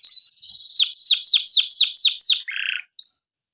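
Canary song: a thin whistle, then a repeated series of high descending slurs, a harsh rasping phrase, and a final short whistle.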